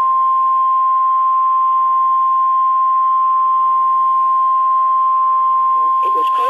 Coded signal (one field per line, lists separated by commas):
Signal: Emergency Alert System (SAME) tones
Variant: 1050 Hz attention tone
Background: speech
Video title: EAS 1